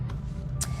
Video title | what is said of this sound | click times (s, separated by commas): Sleepscreen Sleep Aponea Centre Product Demo | and enabled so you just push it down it does click into place when you do that so | 0.1 s